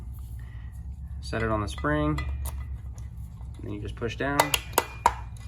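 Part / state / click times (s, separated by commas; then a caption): valve spring retainer onto cylinder head valve stem / seated / 4.8 s, 5.1 s. A valve spring retainer with keepers, loaded in an installer tool, is set on the valve spring of a cylinder head and pushed down while someone talks. Sharp metallic clicks ring out at 4.8 s and 5.1 s as the metal keepers snap into the valve stem groove, and the retainer is seated.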